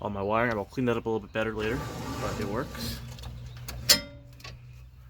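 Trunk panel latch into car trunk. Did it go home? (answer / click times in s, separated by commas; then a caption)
yes / 3.9 s. In the trunk of a 2008 9C1 Impala, someone talks about the wiring, then a trunk panel is closed and its latch snaps with a sharp click at 3.9 s. A few faint knocks follow, and the panel is locked in place.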